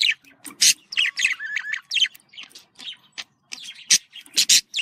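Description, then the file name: Lovebird twittering, with rapid shrill chirps and squeaky notes, one short warbled phrase and a few piercing squawks near the end. "Avaz Morgh Eshgh"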